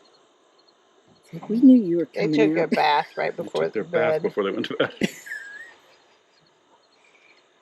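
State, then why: Not seated. Someone talks while a colored plastic snap band is being closed around a chicken's leg at night, with a faint short hit near the end. The band fails to snap shut on this attempt, so nothing has seated or clicked yet.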